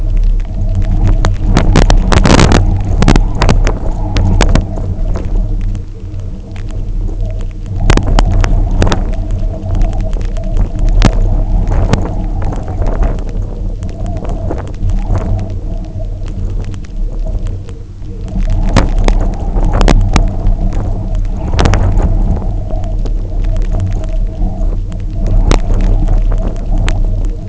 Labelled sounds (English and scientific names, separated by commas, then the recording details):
none
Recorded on Arctic tundra, site UTQI-0, on 27 June 2018
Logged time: 20:00